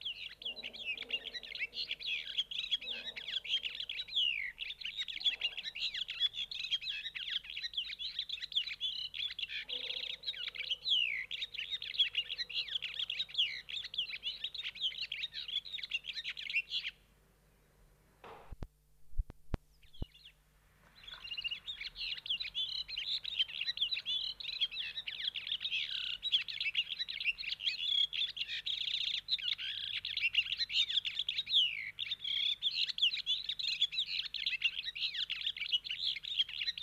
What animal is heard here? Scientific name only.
Serinus serinus